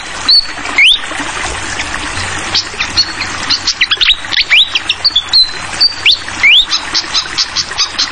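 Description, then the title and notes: Fantail gives clear whistled notes, several short rising sweeps and level tones, over continuous babbling water with quick dripping clicks. Masteran tutor song for training songbirds: clear-voiced fantail song with the sound of flowing water. "Masteran Sikatan Kipas Suara Jernih Dan Suara Gemericik Air. Suara Burung Sikatan Londo"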